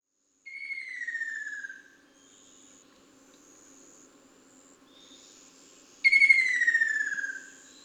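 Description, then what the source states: Ruddy kingfisher giving two falling, rattling trills about five and a half seconds apart, with a constant insect drone in the background. Recorded on 24 June 2009.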